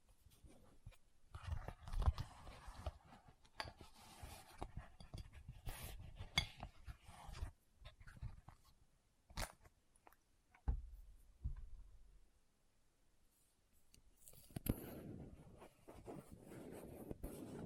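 Items are rummaged out of a bag: a busy run of clicks, taps, light clinks and scraping rustles for the first twelve seconds. Handling then pauses briefly before a rougher burst of rustling and scraping resumes near the end.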